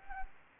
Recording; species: mosquito wingbeat signal from an infrared sensor; Anopheles gambiae